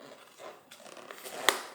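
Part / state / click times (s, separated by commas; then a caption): snap button on a helmet liner strap / seated / 1.5 s. While fitting a Cardo PackTalk Edge intercom into a helmet, a snap button on the helmet's fabric liner or strap is pressed closed, with soft rustling and light scratching beforehand. A sharp snap at 1.5 s marks the button fastening shut, confirming it is buttoned.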